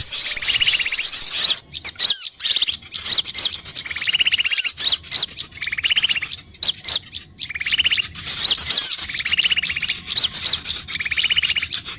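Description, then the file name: Birds calling together: buzzy mechanical trills come in bursts about every two seconds, laid over continuous high chirping and squeaky whistled notes, with short pauses between phrases. Lure call used to attract birds, described as a thousand birds. "pikat 1000 burung"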